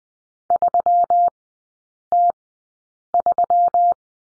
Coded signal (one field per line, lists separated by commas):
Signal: Morse code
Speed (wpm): 20 wpm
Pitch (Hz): 700 Hz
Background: none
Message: 3T3